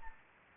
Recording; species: mosquito wingbeat signal from an infrared sensor; Anopheles arabiensis